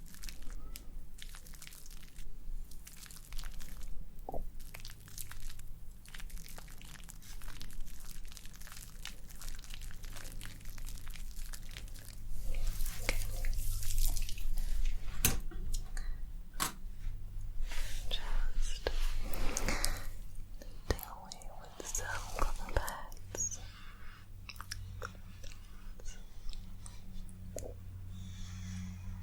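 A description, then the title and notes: Close-up makeup roleplay sounds: dense sharp taps, clicks and soft crunchy handling over a low steady hum, busiest and loudest midway through. ASMR Doing Your Makeup Roleplay up close personal attention, layered sounds + tapping.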